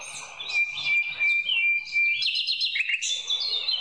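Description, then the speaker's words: Nightingale song: a rich run of varied phrases, with clear sustained whistles, quick rising figures and sharp trilled notes, each phrase following closely on the last. Played on a radio programme; the host remarks how beautifully it sings. "Este es el canto del ruiseñor. Qué lindo canta, ¿no?"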